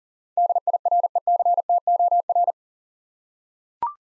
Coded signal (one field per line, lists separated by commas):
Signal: Morse code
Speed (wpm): 37 wpm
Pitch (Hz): 700 Hz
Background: none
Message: DIRECTOR